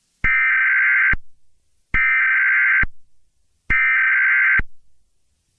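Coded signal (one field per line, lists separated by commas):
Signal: Emergency Alert System (SAME) tones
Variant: header bursts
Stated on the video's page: Simulated mock alert containing valid alert tones.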